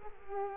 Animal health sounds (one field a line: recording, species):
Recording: mosquito wingbeat signal from an infrared sensor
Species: Culex quinquefasciatus